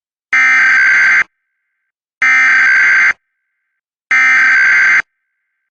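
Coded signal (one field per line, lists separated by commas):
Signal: Emergency Alert System (SAME) tones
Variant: header bursts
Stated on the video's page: Valid EAS/SAME tones.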